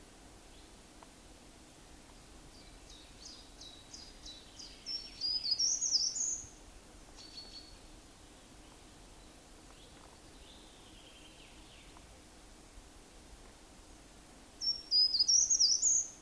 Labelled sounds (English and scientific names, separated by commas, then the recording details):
Short-toed Treecreeper (Certhia brachydactyla) song
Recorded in the wild
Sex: male
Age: adult
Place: Waldsieversdorf, Rotes Luch, Brandenburg, DE
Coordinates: 52.5339, 14.0458
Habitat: woods
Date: 1992-04-30 13:47
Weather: fair - sunny
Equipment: Aiwa HD-S1, Sennheiser ME 80, Hochpass 1000 Hz
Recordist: Frommolt, Karl-Heinz
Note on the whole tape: Am Ortseingang von Waldsieversdorf (Richtung Bahnhof Rotes Luch): Gesang - 18 Strophen. Gute Aufnahmequalität